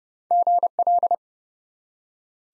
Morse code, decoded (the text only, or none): GL